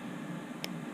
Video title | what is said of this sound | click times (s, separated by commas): Schnapp Dragon - The Build Part II | it goes click and let's see now how to like pivot from there which is like | 0.6 s